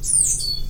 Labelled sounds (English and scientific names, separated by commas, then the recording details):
Stitchbird (Notiomystis cincta) song
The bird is a male
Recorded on Tiritiri Matangi Island, New Zealand, in 2005
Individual 17, of nest box 25